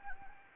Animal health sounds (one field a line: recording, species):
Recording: mosquito wingbeat signal from an infrared sensor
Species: Anopheles gambiae